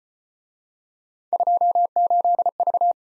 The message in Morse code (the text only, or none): 28V